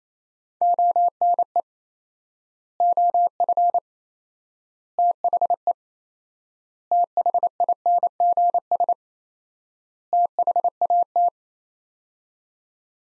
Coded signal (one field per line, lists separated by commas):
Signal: Morse code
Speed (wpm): 28 wpm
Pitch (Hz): 700 Hz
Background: none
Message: ONE OF THE THINGS THAT